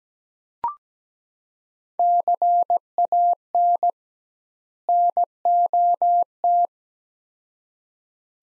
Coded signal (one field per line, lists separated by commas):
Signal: Morse code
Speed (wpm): 17 wpm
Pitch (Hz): 700 Hz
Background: none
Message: CAN NOT